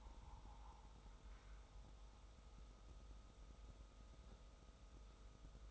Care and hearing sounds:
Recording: daily activity, microphone in the room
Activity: make coffee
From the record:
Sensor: 3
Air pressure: 990.8 hPa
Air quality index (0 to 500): 152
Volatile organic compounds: 530 ppm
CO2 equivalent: 4858 ppm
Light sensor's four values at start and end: 37/88/36/33 and 37/88/36/33

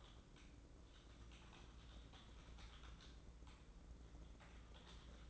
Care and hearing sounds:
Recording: daily activity, microphone in the room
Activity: typing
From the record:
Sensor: 3

